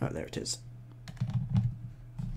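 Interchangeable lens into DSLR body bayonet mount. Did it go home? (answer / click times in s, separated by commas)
yes / 1.1 s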